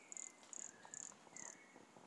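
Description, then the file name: Pumpkin toadlet: four quick high buzzy notes, each finely pulsed, over a quiet hiss and a faint whistle. Recorded at Monte Crista, Brazil, in November 2016, 100 cm from the microphone. "Brachycephalus sulfuratus Monte Crista 100 cm from microphone Luiz Fernando Ribeiro NOV-2016"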